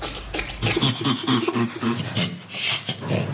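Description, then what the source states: Great apes laughing in breathy, panting bursts, rasping and uneven, with several quick huffs running together over a few seconds. Played example of laughter of bonobos, chimpanzees, gorillas or orangutans.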